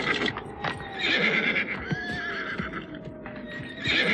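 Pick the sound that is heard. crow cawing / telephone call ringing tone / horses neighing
horses neighing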